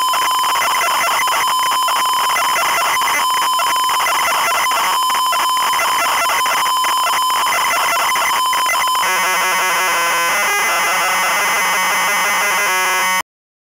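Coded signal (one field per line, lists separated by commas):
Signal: ZX Spectrum tape loading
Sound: harsh buzzing warble rapidly switching between two pitches, changing texture after nine seconds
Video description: Were you able to find which game's loading sound was used as soundtrack?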